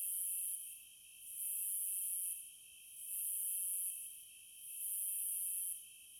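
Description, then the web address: Cicadas buzzing, a shrill high hiss that swells and fades in regular pulses, over a steady lower drone. Cicadas of the American wilds. "The Natural Sounds of the Wilderness 10 CDs collection Echoes of Nature - American Wilds Cicadas"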